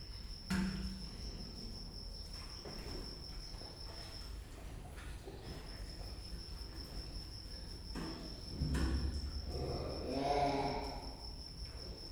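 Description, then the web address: Cricket giving a steady, high continuous trill that breaks off briefly midway, beneath low rumbling and occasional bumps and rustles. Recorded at Győr Zoo in 2014. "allathangok gyorizoo 2014 gallerospavian dongaracs tucsok"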